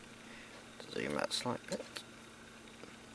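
A metal top plate is handled over the axles of a restored white-metal model locomotive chassis, ready to be pressed on, while someone talks. Faint handling taps sound around 0.8 s and a sharp tick at 3.2 s, but the plate has not clipped into place yet and nothing has seated.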